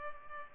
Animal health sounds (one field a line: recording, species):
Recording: mosquito wingbeat signal from an infrared sensor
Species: Culex pipiens